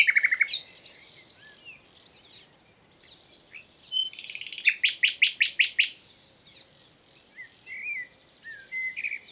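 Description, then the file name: Common nightingale song: varied chirps and whistles, then a loud run of about eight sharp repeated notes, over steady background hiss. "Luscinia megarhynchos"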